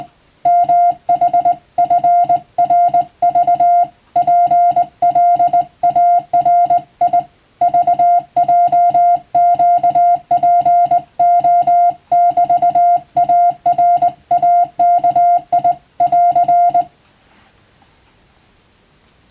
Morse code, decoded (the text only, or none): MHFRV PLARI VJQPO <BT> ARAKI <AR>